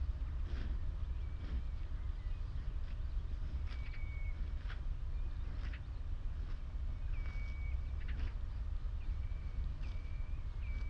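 Lapwings and redshank call in short piping notes and whistles every second or two over a steady low rumble of wind.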